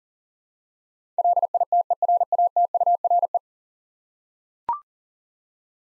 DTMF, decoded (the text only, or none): none